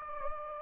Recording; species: mosquito wingbeat signal from an infrared sensor; Anopheles gambiae